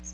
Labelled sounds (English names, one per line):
Magnolia Warbler flight call